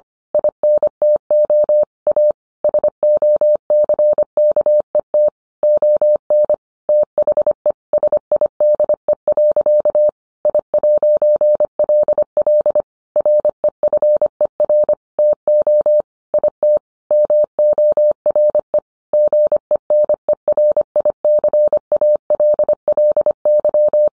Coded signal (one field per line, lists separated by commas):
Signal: Morse code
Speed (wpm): 25 wpm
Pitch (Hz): 600 Hz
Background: none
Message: INTO A SOCKET ON THE SIDE. I'LL REFER TO IT MORE GENERICALLY